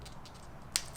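A rubber dust seal, stretched over without lube, is pressed into place on a Brembo brake caliper from an Evo 9 (Evo IX) during a rebuild. A single sharp, bright click at 0.8 s rises sharply above a low, steady background hum as the seal clicks in. The seal is checked afterward and found good.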